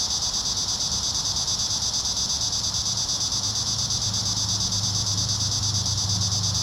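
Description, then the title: Cicadas singing in a dense, steady high-pitched buzzing chorus with a fast pulsing throb, while a low engine-like hum enters in the second half. Cicadas singing in a park. "neoscenes: cicadas in the park"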